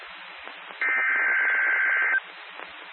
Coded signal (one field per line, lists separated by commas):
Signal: Emergency Alert System (SAME) tones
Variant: header bursts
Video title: EAS #1: Severe Thunderstorm Warning on WXL-39. 8/13/2023. (Incomplete)